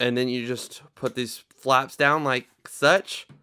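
Someone talks while handling the sealing flap of a Seidio Obex rugged waterproof case on a Samsung Galaxy Note 3 smartphone, starting to press the port flaps down. Nothing has seated or clicked yet; the clip ends before the flap goes home with the very loud click that confirms it has closed.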